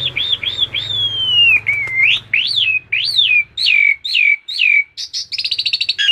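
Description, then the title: Oriental magpie-robin song of rich whistles, several rising-then-falling slurred notes repeated about twice a second, closing with a quick high trill; faint low hum underneath. "Kicau Kacer"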